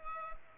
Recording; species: mosquito wingbeat signal from an infrared sensor; Culex pipiens